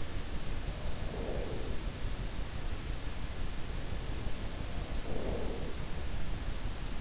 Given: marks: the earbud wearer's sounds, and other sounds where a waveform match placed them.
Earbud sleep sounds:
sounds in sleep by an in-ear microphone; breath
0.91-2.00 s: breath
4.70-6.08 s: breath

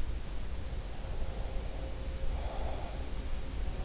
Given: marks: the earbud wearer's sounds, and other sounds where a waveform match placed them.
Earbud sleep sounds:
sounds in sleep by an in-ear microphone; breath
0.65-3.85 s: sound from someone else or the room
1.17-3.06 s: breath

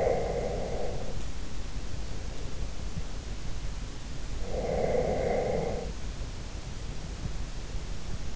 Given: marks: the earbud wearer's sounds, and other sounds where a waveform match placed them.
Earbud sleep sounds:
sounds in sleep by an in-ear microphone; breath
4.41-6.07 s: breath

